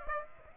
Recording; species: mosquito wingbeat signal from an infrared sensor; Aedes aegypti